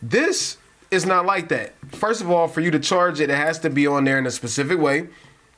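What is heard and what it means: A man talks while handling an Oura Ring 4 smart ring near its charging dock, which it must sit on in a specific orientation before it snaps into place. Only speech is heard, and the ring has not yet seated or clicked onto the dock by the end of the clip.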